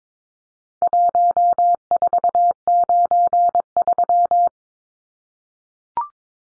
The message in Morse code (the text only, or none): 1493